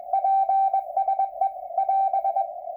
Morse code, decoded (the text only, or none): PSE <AS>